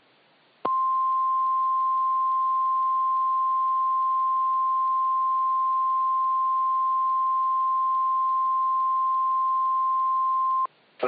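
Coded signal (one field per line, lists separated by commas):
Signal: Emergency Alert System (SAME) tones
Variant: 1050 Hz attention tone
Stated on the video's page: A fictional EAS scenario of alerts for a polar vortex bringing heavy snow and extreme cold.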